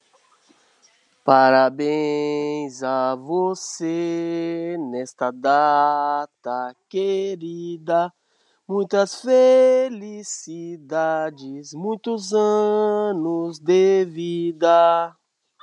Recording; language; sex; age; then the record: short text; Brazilian Portuguese; male; 50 to 59 years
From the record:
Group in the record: control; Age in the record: 50 years